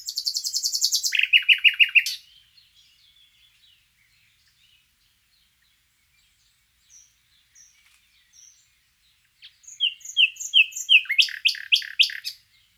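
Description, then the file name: Common nightingale song: a rapid buzzy trill and rattle, a long pause with soft single whistles, then a crescendo of sharp repeated chirps. "Luscinia megarhynchos"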